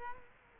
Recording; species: mosquito wingbeat signal from an infrared sensor; Culex quinquefasciatus